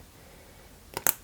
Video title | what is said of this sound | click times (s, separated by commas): Montez la Toyota Supra de Fast & Furious 1/8 @SpotTVAltaya 9/10/11 | alors ça se met comme ça se met comme ça vient se clipser, | 1.1 s